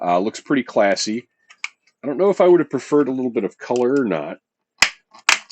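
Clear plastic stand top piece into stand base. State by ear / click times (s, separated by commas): seated / 4.8 s, 5.3 s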